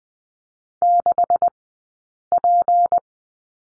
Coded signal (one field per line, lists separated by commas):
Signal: Morse code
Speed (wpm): 20 wpm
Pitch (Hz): 700 Hz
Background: none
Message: 6P